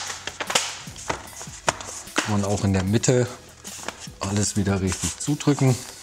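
The plastic bottom cover of an Asus ExpertBook P1 P1511CEA laptop is pressed down along the edges and in the middle, so the remaining clips latch into the chassis. Sharp snaps sound at 0.3, 0.6, 1.1 and 1.7 seconds, and the cover is seated. Someone talks during the second half.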